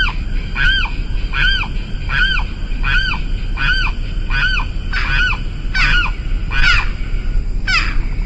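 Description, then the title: Limpkin calling in a run of ringing, down-curved wails, a little over one per second, ending with a harsher note; constant low background noise. "LuckyPassaro Completos2Sama. Limpkin (Aramus guarauna)"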